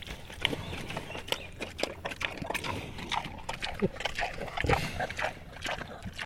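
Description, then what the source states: Landrace pig munching noisily: rapid crunching and slurping clicks and irregular smacks over the whole stretch. Landrace pig eating peaches; a sequence of feeding sounds.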